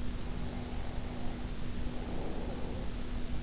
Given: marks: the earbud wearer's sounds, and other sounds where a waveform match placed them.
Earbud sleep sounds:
sounds in sleep by an in-ear microphone; breath
0.16-3.04 s: breath

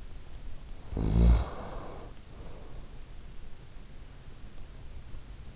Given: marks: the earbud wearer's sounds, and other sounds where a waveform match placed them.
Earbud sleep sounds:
sounds in sleep by an in-ear microphone; snoring breath
0.15-2.90 s: snoring breath

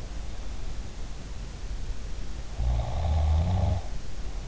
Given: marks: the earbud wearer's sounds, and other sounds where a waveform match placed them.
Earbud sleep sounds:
sounds in sleep by an in-ear microphone; snoring breath
2.52-4.04 s: snoring breath

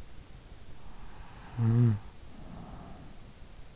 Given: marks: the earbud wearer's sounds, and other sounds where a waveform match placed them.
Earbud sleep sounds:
sounds in sleep by an in-ear microphone; snoring breath
1.34-3.43 s: snoring breath

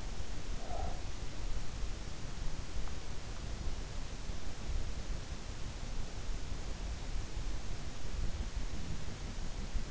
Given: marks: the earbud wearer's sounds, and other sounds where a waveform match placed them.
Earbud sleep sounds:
sounds in sleep by an in-ear microphone; breath
0.00-1.96 s: breath

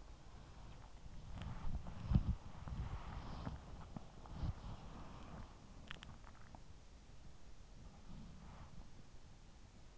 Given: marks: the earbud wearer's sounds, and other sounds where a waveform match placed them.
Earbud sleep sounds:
sounds in sleep by an in-ear microphone; body movement
0.00-6.48 s: body movement

